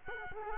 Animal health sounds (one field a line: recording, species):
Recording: mosquito wingbeat signal from an infrared sensor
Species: Culex quinquefasciatus